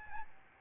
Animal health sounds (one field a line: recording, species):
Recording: mosquito wingbeat signal from an infrared sensor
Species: Aedes albopictus